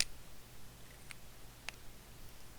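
A plastic cap is pulled off a felt-tip marker and comes off with a sharp click at 0.0 s. Two fainter ticks follow at about 1.1 s and 1.7 s over a quiet background hum, and the cap is released.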